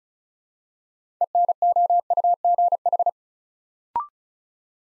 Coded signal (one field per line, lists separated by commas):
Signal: Morse code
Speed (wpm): 36 wpm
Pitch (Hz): 700 Hz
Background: none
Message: ENOUGH